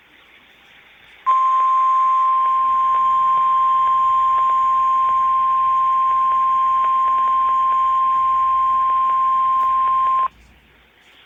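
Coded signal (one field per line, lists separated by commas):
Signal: Emergency Alert System (SAME) tones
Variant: 1050 Hz attention tone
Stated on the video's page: EAS Required Weekly Test from NOAA Weather Radio station WNG577.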